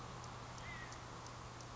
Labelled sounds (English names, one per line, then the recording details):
California Quail
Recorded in Sonoma County, California